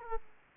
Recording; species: mosquito wingbeat signal from an infrared sensor; Aedes aegypti